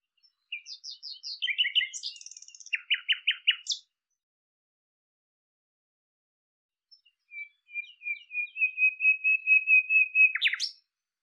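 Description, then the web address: Bird calls: a fast chattering burst, a pause, then a string of quick steady notes ending in a sharp upward sweep. "cianscape birddata Deverinetal 2025 Bird Lu Me Lu Me"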